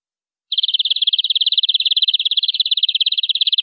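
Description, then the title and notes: Canary song: a dense, rapid high trill begins after a brief silence and continues without a break. "BM Suara Kenari. BM Suara Burung Kenari"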